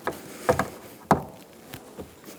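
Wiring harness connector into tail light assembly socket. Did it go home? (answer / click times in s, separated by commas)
yes / 1.1 s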